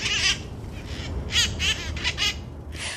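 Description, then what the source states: Cherry-headed conure squawks, harsh bursts in several quick clusters across three seconds, over low rumbling background noise. Wild parrots living on Telegraph Hill, San Francisco.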